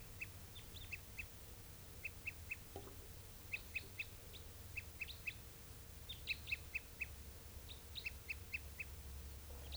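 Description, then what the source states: Crossbill toop calls: clear, short, high notes in groups of three or four, repeated over a low steady hum. A crossbill giving toop calls, possibly the same bird heard singing earlier.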